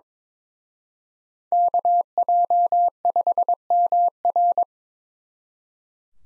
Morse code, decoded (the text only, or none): KJ5MR